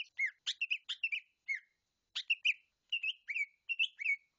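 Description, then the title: Leafbird song, a quick series of sweet whistled chirps and slurred notes with brief gaps, clean background. "CUCAK IJO"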